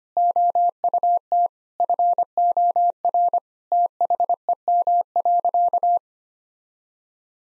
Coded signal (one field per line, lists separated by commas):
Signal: Morse code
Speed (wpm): 25 wpm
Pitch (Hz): 700 Hz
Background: none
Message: OUT FOR THEM.